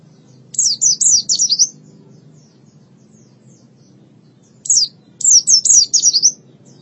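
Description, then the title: White-eye song in two bursts of sweet, rapidly descending chirps, separated by a few seconds of quiet with low hum. "Kicauan Burung Pleci"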